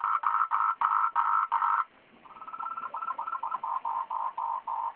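Frog calls: short buzzy pulsed notes in quick bursts, a brief pause, then a faster run of slightly lower, dropping notes.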